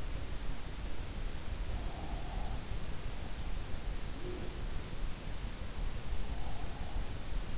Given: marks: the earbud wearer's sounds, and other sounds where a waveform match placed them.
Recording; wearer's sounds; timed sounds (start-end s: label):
sounds in sleep by an in-ear microphone; breath
4.06-4.70 s: breath